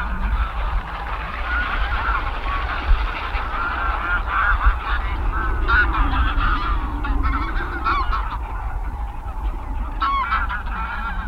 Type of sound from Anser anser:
call